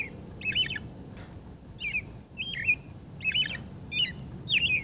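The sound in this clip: Robin song: short whistled phrases of two or three slurred notes, rising and falling, repeated at an uneven pace with brief pauses between.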